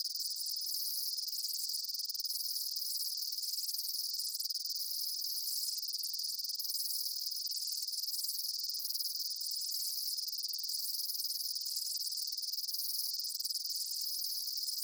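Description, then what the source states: Insects keep up a constant high buzzing chorus, with lower pulsing bursts recurring roughly every two seconds. Summer afternoon in a field.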